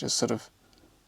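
Someone talks while pushing a multicoloured wire connector into the terminal end of a 2023 Hansshow 7-inch rear screen being installed in a Tesla Model 3/Y. Afterward, only a few faint, brief ticks are heard around 0.7–0.8 s. The connector is handled but not yet home, and nothing has seated or clicked yet.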